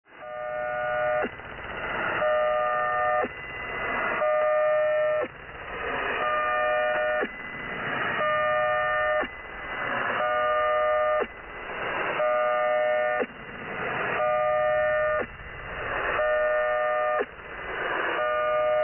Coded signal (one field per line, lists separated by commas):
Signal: channel marker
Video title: 3238 kHz | 20th February 2024 | New Marker Signal [Near The Goose's Night Frequency]